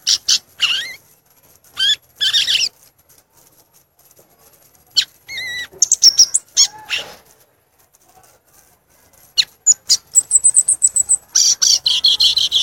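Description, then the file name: Violaceous euphonia song, scattered high chips and brief slurred notes, then a fast series of sharp high notes near the end. "canto do gaturamo verdadeiro"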